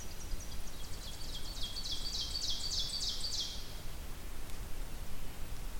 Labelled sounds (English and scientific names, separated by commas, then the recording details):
Ovenbird (Seiurus aurocapilla) song
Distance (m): 70 m
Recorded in boreal forest in Alberta, Canada, on 2 June 2016 at 07:01
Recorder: SongMeter 3, array SBT-3-7
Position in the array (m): 215 m, 171 m
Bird 8